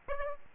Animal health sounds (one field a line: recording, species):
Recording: mosquito wingbeat signal from an infrared sensor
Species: Aedes aegypti